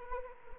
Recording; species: mosquito wingbeat signal from an infrared sensor; Anopheles arabiensis